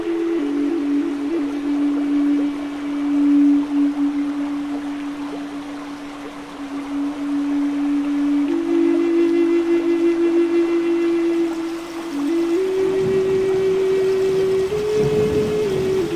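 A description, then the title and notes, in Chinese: A soft, breathy flute holds long low notes, stepping slowly upward near the end, over a steady hiss of rain or flowing water. 美国原住民长笛放松音乐+雨声和大自然的声音。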